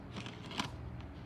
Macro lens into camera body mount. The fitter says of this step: Vâng. Rồi. Cạch. Nghe tiếng của tiền rồi đấy.